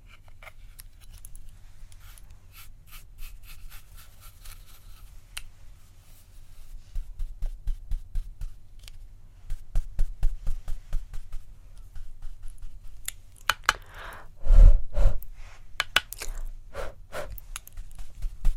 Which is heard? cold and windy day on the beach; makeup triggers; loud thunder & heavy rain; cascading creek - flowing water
makeup triggers